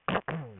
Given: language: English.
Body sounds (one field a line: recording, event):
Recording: throat vibration sensor signal played as sound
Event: throat clearing